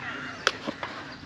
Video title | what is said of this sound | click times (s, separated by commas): Outdoor Revolution Electric Grill Plate - We give it a try. | so it just slides down and then locks in place | 0.5 s